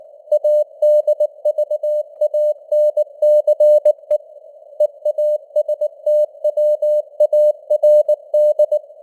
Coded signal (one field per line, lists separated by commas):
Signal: Morse code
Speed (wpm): 19 wpm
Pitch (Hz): 600 Hz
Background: none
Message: ADVANCE EASTWARD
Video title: Morse Code News | 2025-11-14 | 19wpm